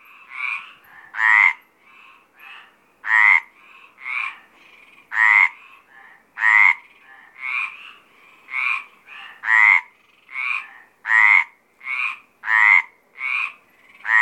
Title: Sylvain Jaskowiak - Animus. Rainettes méridionales - Apt, Vaucluse - avril 2010